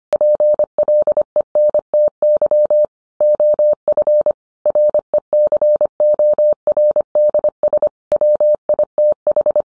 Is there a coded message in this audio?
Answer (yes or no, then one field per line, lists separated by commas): yes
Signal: Morse code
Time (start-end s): 0.1-9.6 s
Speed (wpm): 25 wpm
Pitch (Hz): 600 Hz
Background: none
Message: PLENTY OF RECORDS WITH